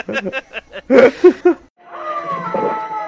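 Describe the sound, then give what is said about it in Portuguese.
A string of short, voiced, chuckle-like bursts gives way to a longer, drawn-out meow with a wavering, gliding pitch, fairly loud and with no talk over it. “Quem está aí? Outro gato!”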